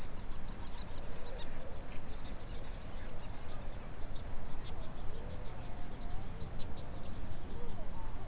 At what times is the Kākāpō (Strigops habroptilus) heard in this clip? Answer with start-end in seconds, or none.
none